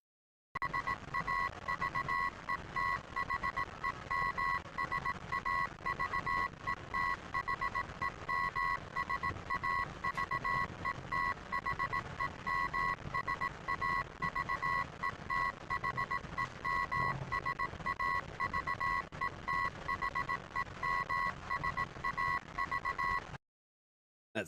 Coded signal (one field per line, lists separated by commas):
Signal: Morse code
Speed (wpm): 18 wpm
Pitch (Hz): 1090 Hz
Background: none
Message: SAVE THEM SAVE THEM SAVE THEM SAVE THEM SAVE THEM SAV